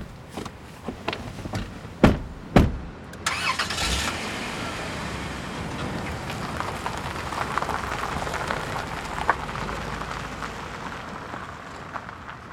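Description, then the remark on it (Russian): A couple of sharp thumps, then a car engine turns over and catches as a group gets into the car and sets off, settling into a steady rumbling drive with a broad hiss like tires on wet road. No one speaks. “И хватит болтать. Все в машину.”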